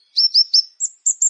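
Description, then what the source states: Plain prinia song: three quick high chirps, then three thin, level, higher-pitched notes, all within about a second. Local name ciblek sawah.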